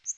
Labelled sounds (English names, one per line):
Northern Waterthrush flight call